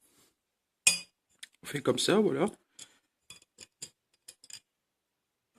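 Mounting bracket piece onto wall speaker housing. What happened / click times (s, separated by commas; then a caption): The mounting bracket piece clipped onto the housing / 0.9 s. The small wall-mounting bracket piece of a Bouyer RB 34 100 V wall speaker is clipped onto the back of the speaker housing, giving a sharp clink at 0.9 s as it seats. Someone talks, and a few lighter taps and clicks follow.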